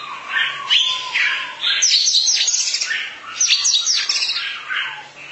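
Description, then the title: Oriental magpie-robin song with jumbled whistles and chattering notes over a steady low background hum. Long-duration song. "Kacer Durasi Panjang"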